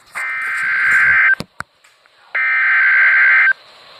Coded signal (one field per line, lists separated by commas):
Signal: Emergency Alert System (SAME) tones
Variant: header bursts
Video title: Severe Thunderstorm Warning - SVR - EAS #32